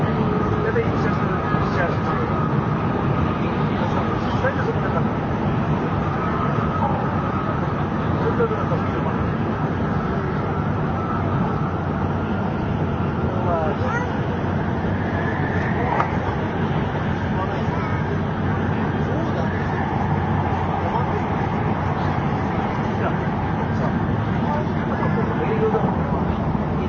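Inside a JR 700 series train between Kyoto and Shin-Yokohama, a steady low rumble runs throughout with faint voices and occasional brief tones.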